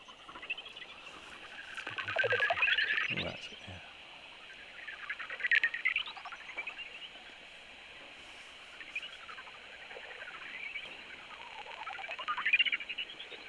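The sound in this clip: Greater horseshoe bat calls in several bursts of quick ticking pulses that sweep in pitch, with quieter gaps between bursts and a few low thumps early on.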